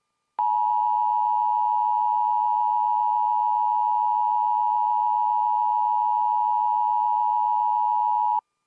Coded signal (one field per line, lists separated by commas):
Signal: Emergency Alert System (SAME) tones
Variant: 853 and 960 Hz attention tone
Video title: My [VERY FIRST] EAS Administrative Message On WJON 9/20/20 12:14 PM (12:14)